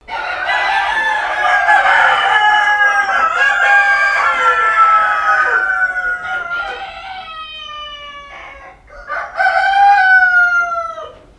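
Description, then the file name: Chicken: rooster crowing, a long strained harmonic crow that slowly falls and fades, then a fresh crow starting loudly before dropping away. Rooster recorded at Wintershove. "haan wintershove"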